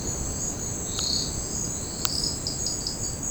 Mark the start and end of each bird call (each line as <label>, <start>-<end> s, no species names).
bird call, 2.41-2.96 s